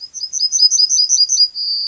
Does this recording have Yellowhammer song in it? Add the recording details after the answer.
yes. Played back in grassland. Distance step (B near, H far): B. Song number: 108